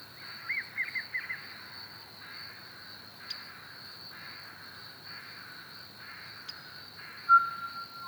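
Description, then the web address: Pied butcherbird song opening with a few rich, jumping notes, then a quieter stretch before a clear, steady whistled note near the end, with a continuous insect buzz throughout. Recorded at Ormiston Gorge. "andrewskeoch. Pied Butcherbird Ormiston"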